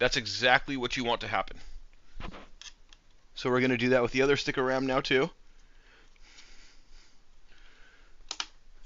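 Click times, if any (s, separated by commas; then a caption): 8.3 s, 8.4 s. Someone talks while a second stick of RAM is pressed into a motherboard memory slot. Its two plastic retention latches snap closed with two sharp clicks at 8.3 and 8.4 seconds, and the stick is seated.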